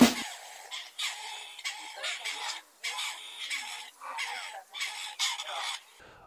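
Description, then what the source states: Partridge giving harsh grating rasps in several bursts, with brief pauses between them. Partridge, a game bird now rarely seen; the grey partridge was once one of Britain's most common game birds.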